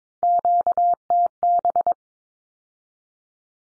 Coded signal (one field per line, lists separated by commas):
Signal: Morse code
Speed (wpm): 22 wpm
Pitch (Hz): 700 Hz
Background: none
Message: QTB